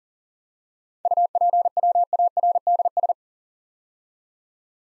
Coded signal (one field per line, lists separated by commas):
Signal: Morse code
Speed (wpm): 42 wpm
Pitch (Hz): 700 Hz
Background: none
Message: UPWARDS